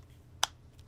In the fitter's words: and down here at the bottom a nice little clip here so when it slides in you get a nice click and it stays